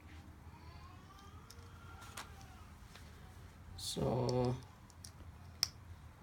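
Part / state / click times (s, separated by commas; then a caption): helmet chin strap buckle into its receiver / seated / 5.6 s. Someone fastens a plastic helmet chin strap buckle into its receiver while someone briefly talks. After a few faint taps and rustles, a single sharp click at 5.6 s marks the buckle clicking shut and seated.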